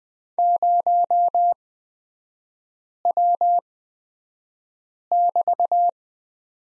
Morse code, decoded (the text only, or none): 0W<BT>